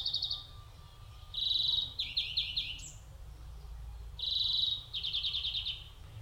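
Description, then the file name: European greenfinch uttering bursts of rapid, chattering trills with gaps between them over faint low background noise. "Chloris chloris"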